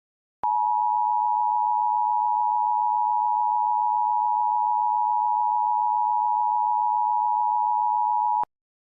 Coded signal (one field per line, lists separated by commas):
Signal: Emergency Alert System (SAME) tones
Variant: 853 and 960 Hz attention tone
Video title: Administrative Message EAS mock (2)